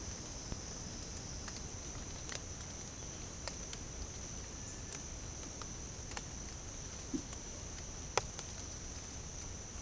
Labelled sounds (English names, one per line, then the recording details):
none
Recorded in secondary vegetation near Puerto Asís, Putumayo, Colombia, on 22 December 2024 at 06:30
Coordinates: 0.468, -76.324
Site G095